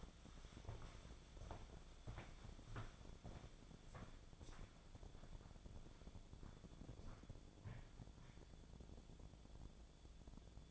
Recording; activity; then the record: daily activity, microphone in the room; walk to room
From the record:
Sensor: 5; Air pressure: 1000.0 hPa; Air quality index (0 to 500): 84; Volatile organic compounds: 1 ppm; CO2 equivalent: 697 ppm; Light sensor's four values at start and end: 378/921/392/441 and 377/936/392/440